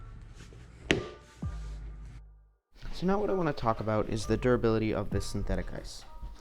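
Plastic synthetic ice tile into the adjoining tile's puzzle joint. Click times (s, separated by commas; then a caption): 0.9 s. A plastic synthetic-ice tile is laid over the next tile so the puzzle edges line up, then pushed down until it clicks into the adjoining tile's puzzle joint. A single sharp thunk sounds at 0.9 s, and the tile is seated. Soft background tones continue, then someone talks.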